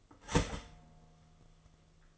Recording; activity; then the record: daily activity, microphone in the room; start toaster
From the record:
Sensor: 4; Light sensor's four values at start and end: 4/9/3/3 and 4/9/3/3